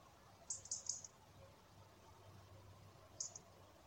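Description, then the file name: European robin giving very high, thin, short call notes, a quick run of three near the start, then two more after a long pause, over faint low hum. "Erithacus rubecula"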